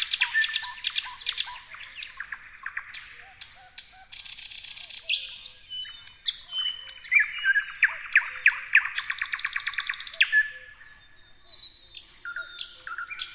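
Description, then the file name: Thrush nightingale song: loud, varied phrases of sharp clicks, rapid rattling trills and pure whistles, several birds overlapping with bursts of harsh buzzy notes. More than one thrush nightingale singing. "thrush nightingales singing"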